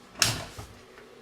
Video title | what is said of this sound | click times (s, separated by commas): Ambulance For Sale | right I'm going to back this baby up and it locks into place again all right we're good now | 0.2 s